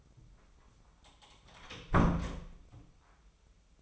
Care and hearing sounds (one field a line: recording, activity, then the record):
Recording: daily activity, microphone in the room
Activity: close door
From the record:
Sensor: 1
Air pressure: 996.1 hPa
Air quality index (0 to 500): 58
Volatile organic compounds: 3 ppm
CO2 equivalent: 1400 ppm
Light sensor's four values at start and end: 14/33/14/16 and 14/33/14/15